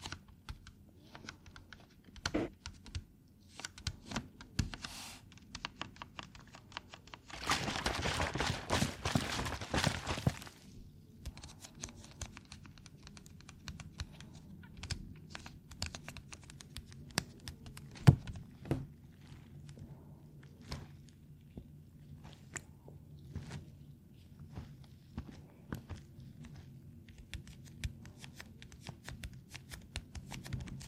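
Tapping, crinkles and scratching come in quick, irregular clicks and taps throughout, over a low steady hum. From about 7.5 to 10.5 seconds a dense, loud burst of crinkling scratch fills the sound, then the scattered tapping resumes with occasional sharper knocks.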